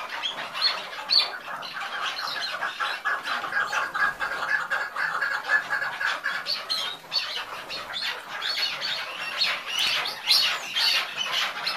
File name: canto do perdiz chucar